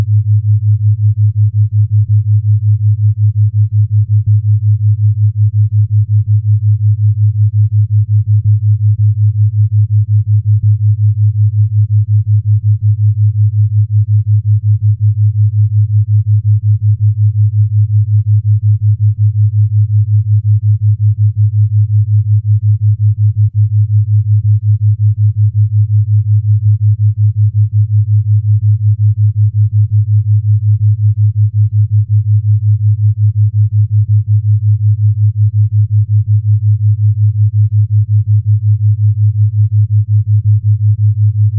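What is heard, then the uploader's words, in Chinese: A 5.5 Hz theta brainwave tone: a single deep, smooth hum holds perfectly steady for the whole 42 seconds. Loudness never changes, there are no events or breaks, and nothing bright or other sounds sit above the low drone. 西塔脑波5.5Hz丨θ频率。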